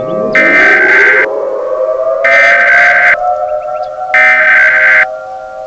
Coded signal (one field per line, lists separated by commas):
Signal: Emergency Alert System (SAME) tones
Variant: header bursts